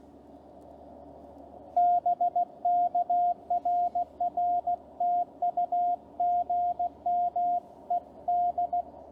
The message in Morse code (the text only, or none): BK RR TU GM ED